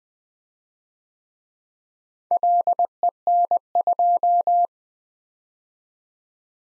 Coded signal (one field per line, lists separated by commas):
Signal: Morse code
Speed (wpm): 20 wpm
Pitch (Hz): 700 Hz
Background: none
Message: LEN2